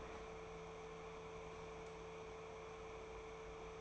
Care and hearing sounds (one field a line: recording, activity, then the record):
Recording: daily activity, microphone in the room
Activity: open fridge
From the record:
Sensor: 1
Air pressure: 1015.0 hPa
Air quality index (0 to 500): 193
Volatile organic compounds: 21 ppm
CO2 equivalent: 2736 ppm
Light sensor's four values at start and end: 31/77/33/39 and 31/77/33/39